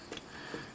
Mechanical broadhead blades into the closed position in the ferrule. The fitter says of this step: slide them up and push them in and they click and stay shut